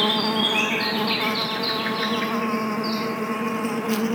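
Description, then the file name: Bees buzzing in a steady, droning hum with a low pitch, while high chirps from birds sound faintly above. Bees in a forest. "bees at the forest"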